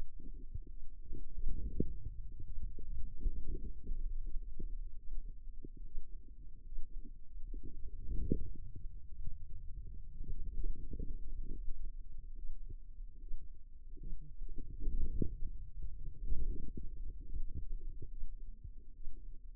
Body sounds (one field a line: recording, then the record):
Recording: forearm muscle sounds (acoustic myography)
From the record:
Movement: wrist flexion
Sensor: system 2, bracelet of six BSWA MPA416 microphones around the upper forearm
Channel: 5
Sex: female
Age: 25 years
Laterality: right